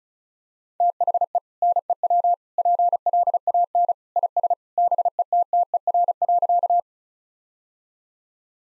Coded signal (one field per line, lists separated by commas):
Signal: Morse code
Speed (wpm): 36 wpm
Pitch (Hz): 700 Hz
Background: none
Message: THE NEW PLAN IS BETTER.